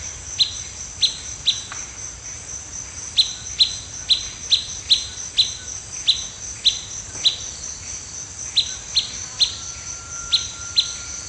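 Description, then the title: Blackish pewee giving short, sharp pip notes at about two per second in loose runs with brief pauses, over a steady high drone; a thin sustained tone appears near the end. Subspecies canescens. "LuckyPassaro Completos2Sama. Blackish Pewee"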